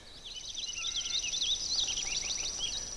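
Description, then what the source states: Purple Finch song: a rapid, warbling run of varied high whistled notes that rises and falls continuously, with a steady high drone behind it. Male's warbly song, heard in the morning while walking a road through boreal lowland woods of black spruce and cedar; they sing almost any time of year.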